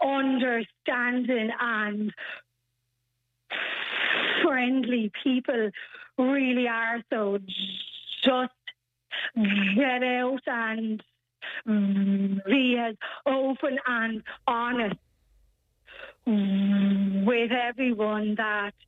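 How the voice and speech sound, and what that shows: A young woman from Carrick-on-Shannon with a speech impediment (stammer), diagnosed with cerebral palsy as a child, speaks slowly and haltingly, stretching vowels and sounds for up to a second and breaking phrases with silent gaps of one to two seconds. The stretched sounds and mid-phrase stoppages fit stuttering, a fluency disorder.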